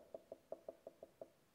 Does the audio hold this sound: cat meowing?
no